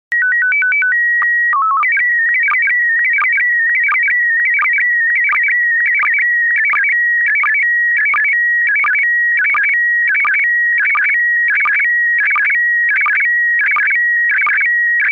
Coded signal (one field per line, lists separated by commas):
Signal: SSTV (slow-scan television)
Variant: PD 90